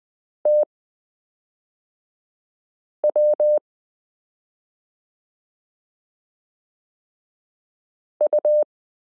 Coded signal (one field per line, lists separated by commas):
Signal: Morse code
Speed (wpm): 20 wpm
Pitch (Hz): 600 Hz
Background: none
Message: TW U